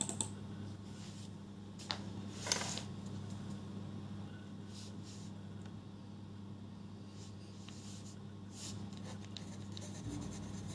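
Someone writes by hand and shuffles notes, with short scratches and paper rustles arriving every second or two. A steady low hum, like a fan or appliance, runs underneath throughout. A brief, louder scrape or page movement comes near the two-and-a-half-second mark.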